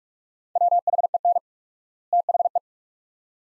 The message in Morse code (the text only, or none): WHEN THE